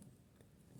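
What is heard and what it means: Plastic Lego pieces from the Lego Star Wars Hoth AT-ST set (75322) are handled and pressed together so that one plastic Lego element clips into another. Only soft, low handling noise is heard, with no sharp sounds. Nothing has seated or clicked yet.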